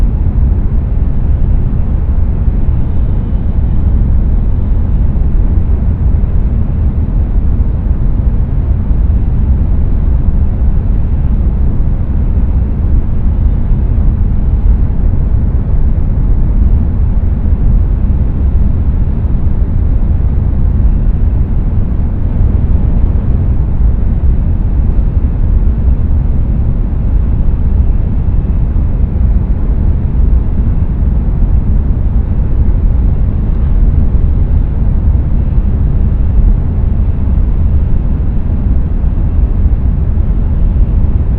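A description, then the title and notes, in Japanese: Steady, dense low rumble of a Tokaido Shinkansen Kodama train running from Hamamatsu to Shizuoka, unchanging throughout with no distinct events. 東海道新幹線こだま浜松→静岡。朝一番の浜松始発の新幹線です。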